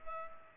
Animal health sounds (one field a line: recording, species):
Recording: mosquito wingbeat signal from an infrared sensor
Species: Culex pipiens